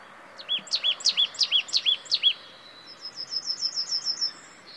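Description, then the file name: Marsh tit giving several loud two-part notes, each a high piercing flick followed by a lower rounded note, then a faster, quieter series of thin high chips. "Poecile palustris"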